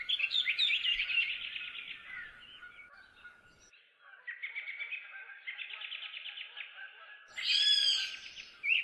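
Bird song: dense chattering trills and warbles, with a steady low thin tone underneath and a louder bright burst of song near the end.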